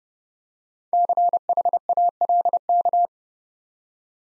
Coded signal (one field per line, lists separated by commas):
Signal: Morse code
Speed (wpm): 30 wpm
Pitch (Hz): 700 Hz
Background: none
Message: CHALK